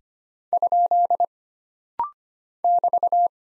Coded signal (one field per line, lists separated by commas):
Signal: Morse code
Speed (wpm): 25 wpm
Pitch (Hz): 700 Hz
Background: none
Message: ? <BT>